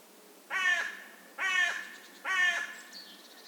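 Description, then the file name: Carrion crow giving three rough, grating caws nearly a second apart, with a faint, high-pitched note from another bird at the very end. "Corvus corone"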